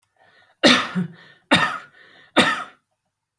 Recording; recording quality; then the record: heavy voluntary cough; excellent, no background noise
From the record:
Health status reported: healthy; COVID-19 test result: negative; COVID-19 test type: RT-PCR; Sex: male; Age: 20 years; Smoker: no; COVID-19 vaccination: both doses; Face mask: worn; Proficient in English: yes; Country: India